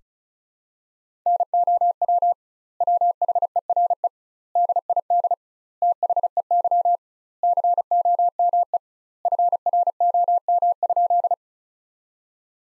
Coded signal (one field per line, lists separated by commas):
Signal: Morse code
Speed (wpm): 34 wpm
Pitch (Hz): 700 Hz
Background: none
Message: NOW WHERE DID THEY COME FROM?